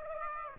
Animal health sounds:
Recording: mosquito wingbeat signal from an infrared sensor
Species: Aedes aegypti

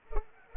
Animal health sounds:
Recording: mosquito wingbeat signal from an infrared sensor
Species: Culex pipiens

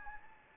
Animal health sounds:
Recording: mosquito wingbeat signal from an infrared sensor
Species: Anopheles gambiae

